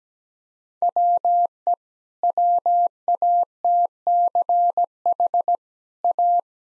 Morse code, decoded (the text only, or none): WE WATCH A